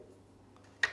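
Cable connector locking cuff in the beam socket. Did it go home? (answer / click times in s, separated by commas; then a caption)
yes / 0.8 s. A cable connector sits pushed into the socket under the lower X beam with its pins located, and its bottom is held steady while the twist-lock cuff is rotated. After a quiet stretch with a steady low hum and a faint tick at 0.6 s, the cuff gives one sharp, bright click at 0.8 s, and the connector is seated and locked.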